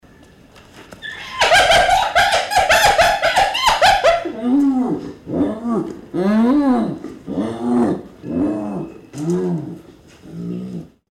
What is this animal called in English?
Spotted Hyaena